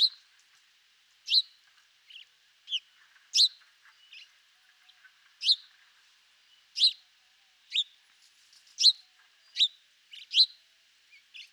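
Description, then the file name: House sparrow chirps, short harsh notes given singly at uneven intervals, with softer chirps in between and no other clear sounds. "Passer domesticus"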